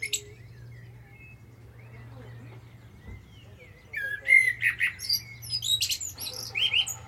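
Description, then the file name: Common blackbird: a mostly quiet start of several seconds, then a song phrase of clear whistles broken up by high, chattering twitter notes. "Turdus merula"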